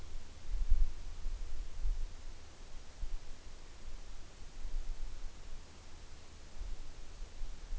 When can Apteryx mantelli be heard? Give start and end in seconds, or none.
none